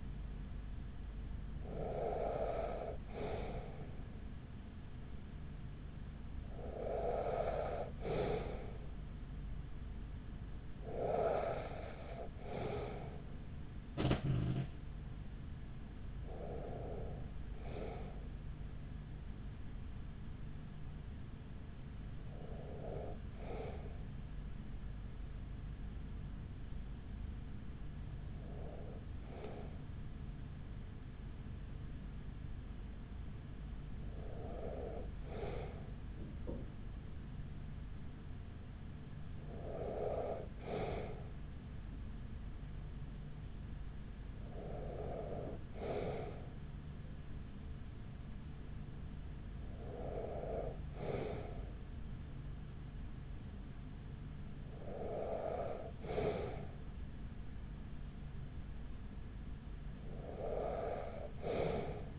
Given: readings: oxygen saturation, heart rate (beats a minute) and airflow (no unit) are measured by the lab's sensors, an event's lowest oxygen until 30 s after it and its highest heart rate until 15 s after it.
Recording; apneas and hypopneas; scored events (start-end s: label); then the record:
breathing in sleep by a smartphone at the bedside; 1
3.00-23.90 s: hypopnea (N1, oxygen 95% highest, then 95% lowest, heart rate 42 at the start, 45 highest)
37.00-62.19 s: new sleep stage, N2 (light sleep)
From the record:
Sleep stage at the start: N1 (lightest sleep); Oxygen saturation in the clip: 94 to 95%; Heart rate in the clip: 36 to 45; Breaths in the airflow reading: 12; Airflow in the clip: -6.2 to 4.9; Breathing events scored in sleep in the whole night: 207 in 7.6 hours asleep